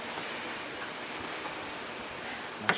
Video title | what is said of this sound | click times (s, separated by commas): Porsche 911 Turbo Oil Change | once you hear it snap, you're all good. | 2.7 s